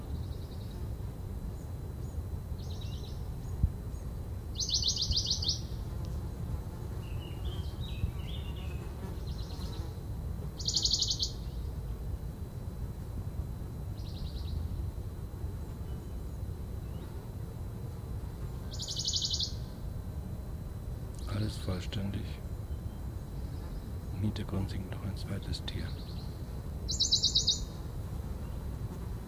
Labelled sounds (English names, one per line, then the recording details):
Western Bonelli's Warbler
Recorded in the wild
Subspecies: bonelli
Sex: male
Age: adult
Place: am Erdbeerberg bei Eningen unter Achalm, Schwäbische Alb, Baden-Württemberg, DE
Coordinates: 48.4833, 9.26667
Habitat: forested mountain side
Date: 1969-07-17
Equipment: Nagra III PH, MD 211, PES 26
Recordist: Schneider, Hans-Joachim